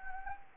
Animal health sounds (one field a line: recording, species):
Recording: mosquito wingbeat signal from an infrared sensor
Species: Anopheles gambiae